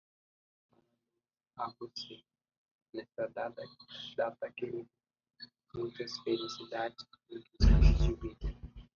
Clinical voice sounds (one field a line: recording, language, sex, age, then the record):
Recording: short text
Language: Brazilian Portuguese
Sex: male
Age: 20 to 29 years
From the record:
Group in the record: control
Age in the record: 23 years